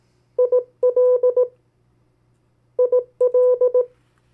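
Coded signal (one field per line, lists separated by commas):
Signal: Morse code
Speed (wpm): 18 wpm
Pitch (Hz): 500 Hz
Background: none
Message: IL IL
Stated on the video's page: Morse code practice of US state abbreviations at variable speeds.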